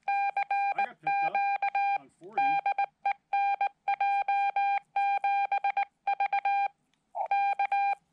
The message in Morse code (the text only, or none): CQ DE NJ7V K